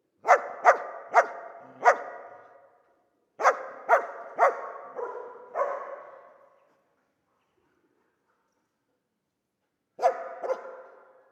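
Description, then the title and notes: Dog barking in bursts of four or five rapid barks, then a pause of several seconds before another short pair, echoes trailing each bark. Old dog trapped in the pool basin of the decaying Palais El Glaoui courtyard, Fès, Morocco; full sun, circling, rising on hind legs to bark at visitors; recorded with Zoom F3 and ORTF microphone. "Fès, Fès-Meknès, Maroc - le chien du palais El Glaoui. Dans la cour du palais (en décrépitude avancée), un vieux chien est "prisonnier" dans le bassin/piscine. Il se dresse sur ses pattes arrières pour entrevoir quelques secondes ce qui se passe dans la cour et "invective" les visiteurs de ses aboiements. JF CAVRO"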